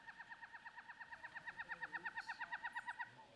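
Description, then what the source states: Northern pygmy owl tooting: a fast, evenly paced series of soft hollow notes that ends abruptly. Recording played back from an iPad.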